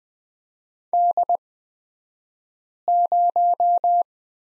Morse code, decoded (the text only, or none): D0